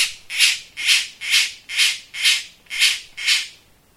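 Bird producing loud, grating squawks repeated evenly about twice a second, seven in a row before stopping.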